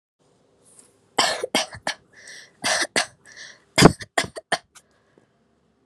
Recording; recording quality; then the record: shallow voluntary cough; excellent, no background noise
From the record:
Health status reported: COVID-19 positive, mild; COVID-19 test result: positive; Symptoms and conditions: cough, cold, sore throat, fever, loss of smell and taste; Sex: female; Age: 20 years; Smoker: not ticked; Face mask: not worn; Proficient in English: yes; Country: India